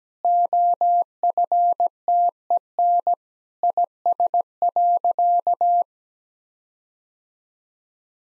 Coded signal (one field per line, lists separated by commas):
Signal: Morse code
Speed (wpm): 17 wpm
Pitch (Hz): 700 Hz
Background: none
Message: OFTEN IS.